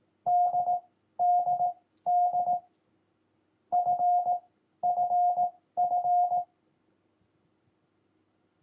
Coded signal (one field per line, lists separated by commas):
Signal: Morse code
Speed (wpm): 18 wpm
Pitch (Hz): 720 Hz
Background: none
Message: DDD FFF